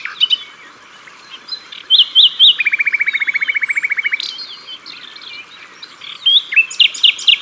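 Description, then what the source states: Common nightingale song: loud clipped notes, three whistled upslurs, then a fast rattling trill held about one and a half seconds, with further sharp phrases. Recorded at the water's edge.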